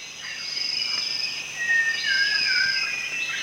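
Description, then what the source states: Rufous-tailed shama's drawn-out whistle sliding gently downward midway, set against a constant ringing insect chorus. Recorded at Danum on 1 January 2008.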